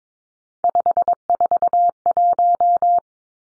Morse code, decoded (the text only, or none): 541